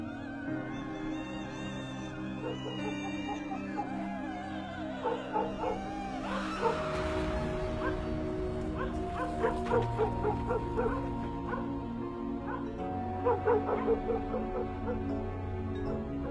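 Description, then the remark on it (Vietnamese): A black dog barks noisily in repeated bursts, sharp and insistent, over a steady low droning hum that runs throughout, the barking growing busier in the second half. “Ông còn nghe có cả tiếng con chó mực, nó vẫn đang sủa lên ầm ĩ.”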